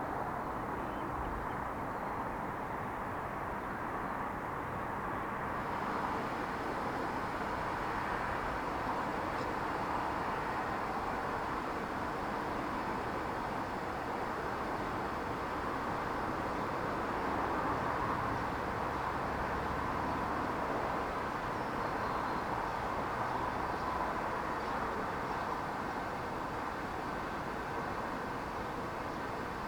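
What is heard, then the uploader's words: A city suburb early on Christmas morning carries a steady, dense traffic-like roar, with the upper hiss thickening slightly after about five seconds. Captured in a quite city suburb early on Christmas morning.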